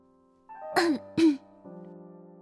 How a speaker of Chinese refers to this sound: 任安乐话音落定，石亭外轻轻的咳嗽声传来